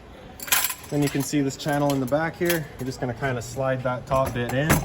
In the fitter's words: They're just gonna fold out, lock into place.